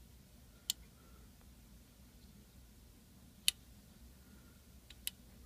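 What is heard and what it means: An M1 Garand rifle's rear sight lock bar is tightened down into the sight base with a tool against a quiet background. Sharp clicks sound at 0.7, 3.5 and 5.1 seconds, with a fainter one at 4.9 seconds. The lock bar seats in its locked position, so the sight can no longer be adjusted.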